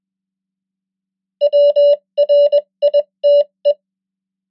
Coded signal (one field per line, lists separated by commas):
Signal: Morse code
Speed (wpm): 21 wpm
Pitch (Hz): 580 Hz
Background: none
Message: WRITE